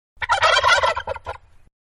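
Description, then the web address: Turkey gobbling: a loud, rapid, bubbling rattle of warbled notes for about a second, then a shorter gobble and a fading trail. More than one turkey, gobbling. "Manhattan Production Music. Turkeys Gobbling"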